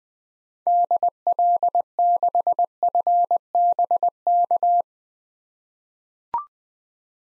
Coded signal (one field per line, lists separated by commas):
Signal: Morse code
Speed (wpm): 20 wpm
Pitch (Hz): 700 Hz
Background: none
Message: DL6FBK